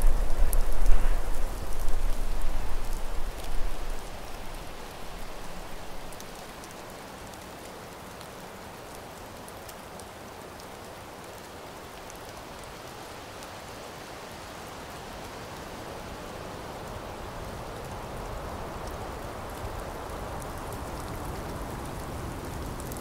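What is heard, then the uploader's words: Steady rain falls densely throughout, a little louder with a low rumble in the first six seconds, then settling into an even hiss. Rain sounds.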